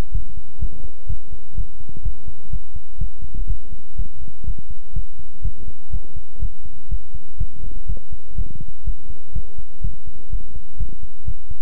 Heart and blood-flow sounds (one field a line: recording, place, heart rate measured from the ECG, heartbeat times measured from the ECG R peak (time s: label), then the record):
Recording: heart sounds by stethoscope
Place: between the tricuspid and mitral areas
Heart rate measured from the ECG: 124 bpm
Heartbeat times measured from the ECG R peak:
0.12 s: heartbeat
0.59 s: heartbeat
1.07 s: heartbeat
1.55 s: heartbeat
2.03 s: heartbeat
2.50 s: heartbeat
2.98 s: heartbeat
3.47 s: heartbeat
3.96 s: heartbeat
4.45 s: heartbeat
4.93 s: heartbeat
5.42 s: heartbeat
5.91 s: heartbeat
6.39 s: heartbeat
6.89 s: heartbeat
7.38 s: heartbeat
7.87 s: heartbeat
8.36 s: heartbeat
8.84 s: heartbeat
9.33 s: heartbeat
9.81 s: heartbeat
10.30 s: heartbeat
10.77 s: heartbeat
11.25 s: heartbeat
From the record:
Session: pedaling a stationary bicycle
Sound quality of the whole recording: good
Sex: male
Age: 24 years